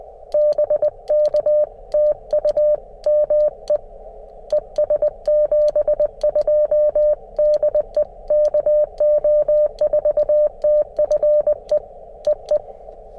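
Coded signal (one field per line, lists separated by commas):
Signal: Morse code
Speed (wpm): 20 wpm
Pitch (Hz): 600 Hz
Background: none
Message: BK TU ME ES 72 DE KO4TFE EE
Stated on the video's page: CW Parks on the Air activation with a QMX transceiver running about 3.6 watts.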